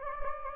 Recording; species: mosquito wingbeat signal from an infrared sensor; Anopheles gambiae